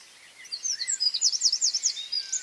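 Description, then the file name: Eurasian wren song fragment, a quick burst of high, sharp repeated notes over soft background noise. "Troglodytes troglodytes"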